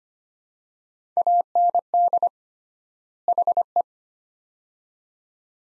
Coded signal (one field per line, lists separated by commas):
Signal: Morse code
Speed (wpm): 25 wpm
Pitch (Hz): 700 Hz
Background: none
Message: AND HE